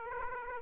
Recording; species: mosquito wingbeat signal from an infrared sensor; Aedes aegypti